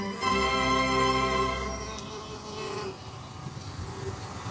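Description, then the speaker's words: Red mason bee buzzing, a steady droning hum with strong harmonics that fades after about three seconds, leaving soft background noise. Bees searching for nectar and pollen from flowering plants during this period. "Maar het geluid van de rosse metselbij komt in de buurt."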